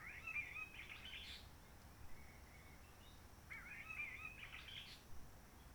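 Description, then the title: Réunion bulbul: two rich, chattering phrases a few seconds apart, each ending in a higher flourish, over low background noise. Roche Merveilleuse forest, Réunion; quiet since 19 March 2020 lockdown, no visitors, microlights or helicopters; sunny, blue sky; birds not very active; sings simpler short phrases, adapted to noise pollution. "Roche Merveilleuse, Réunion - Merle de lîle de la Réunion."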